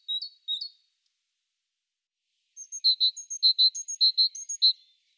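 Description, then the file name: Great tit song: two quick two-note phrases, a pause, then a faster run of paired clipped notes mixed with thin higher notes. "Parus major"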